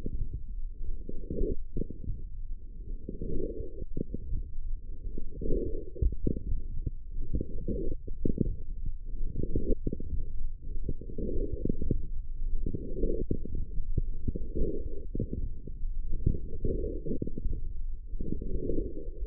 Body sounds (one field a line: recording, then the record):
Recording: forearm muscle sounds (acoustic myography)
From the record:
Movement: forearm pronation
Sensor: system 1, eight BSWA MPA416 microphones around the upper forearm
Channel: 6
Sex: female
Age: 22 years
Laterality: right